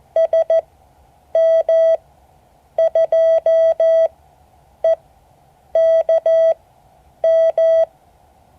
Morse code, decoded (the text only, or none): SM2EKM